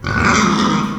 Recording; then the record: squeal of a Yucatan mini pig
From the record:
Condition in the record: after surgery on the right vocal fold (resection and tissue-engineered implant); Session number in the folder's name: 15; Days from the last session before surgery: 175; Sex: female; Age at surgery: 19 weeks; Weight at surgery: 25 kg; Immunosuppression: prednisolone